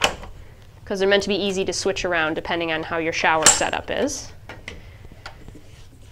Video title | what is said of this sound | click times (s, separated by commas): How to Assemble a Tub Bench | single click button it's going to slide in should snap into place | 0.0 s